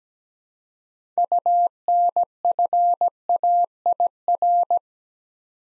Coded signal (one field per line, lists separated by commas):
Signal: Morse code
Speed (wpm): 17 wpm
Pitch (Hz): 700 Hz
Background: none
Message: UNFAIR